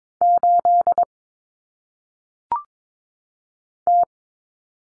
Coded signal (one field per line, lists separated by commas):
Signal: Morse code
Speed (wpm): 22 wpm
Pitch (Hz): 700 Hz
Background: none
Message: 8 T